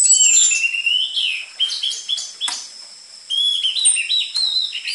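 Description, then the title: Orange-headed thrush song of clear, sliding whistles and warbled notes in two phrases split by a brief quieter pause. Energetic (gacor) lure (pancingan) and master song material for training caged orange-headed thrushes; dense filler song ('isian rapat'), suited to young spotted 'trotol' birds. "PANCINGAN Anis Merah Gacor Materi Isian Rapat Cocok Untuk MASTERAN Anis Merah TROTOL"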